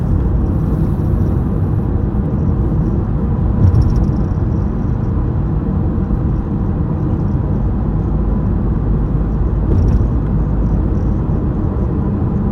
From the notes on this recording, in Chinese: 從午後雷雨裡台北市信義國開車走市民高架回家